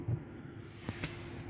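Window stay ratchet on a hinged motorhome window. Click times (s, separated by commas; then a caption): 0.9 s, 1.0 s. A hinged window on a 2023 Chausson Titanium Ultimate 788 motorhome is pushed all the way up to its full opening. Its stay ratchet clicks at 0.9 s and 1.0 s over a low steady hum. The ratchet releases, allowing the window to be closed.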